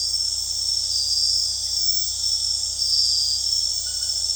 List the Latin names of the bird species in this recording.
none